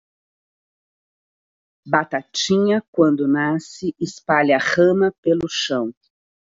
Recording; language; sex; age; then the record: short text; Brazilian Portuguese; female; 50 to 59 years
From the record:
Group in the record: control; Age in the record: 59 years